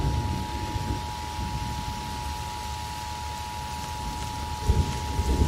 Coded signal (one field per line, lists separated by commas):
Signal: Emergency Alert System (SAME) tones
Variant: 853 and 960 Hz attention tone